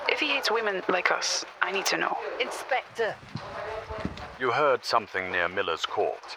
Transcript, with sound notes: If he hates women like us… I need to know.
(A heavier set of footsteps approach.) Inspector!
You heard something near Miller’s Court?